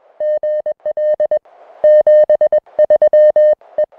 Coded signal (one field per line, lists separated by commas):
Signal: Morse code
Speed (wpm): 19 wpm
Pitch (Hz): 590 Hz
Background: music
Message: GL 73 E